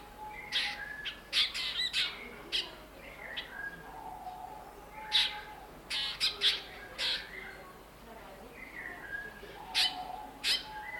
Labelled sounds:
Black Drongo

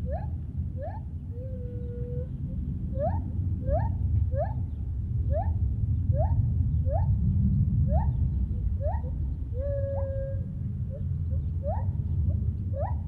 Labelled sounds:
Lar Gibbon

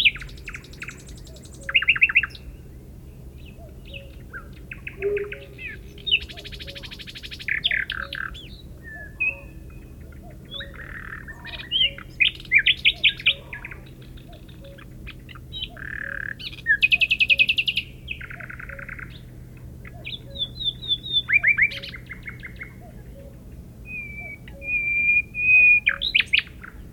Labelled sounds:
Common Nightingale song

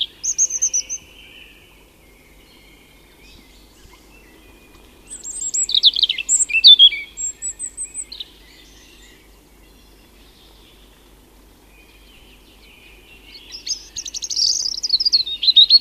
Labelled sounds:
European Robin song

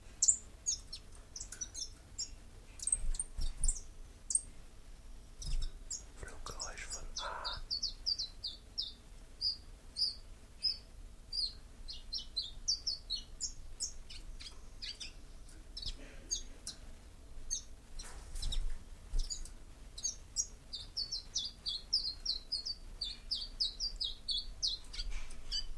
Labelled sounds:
Common Chiffchaff song

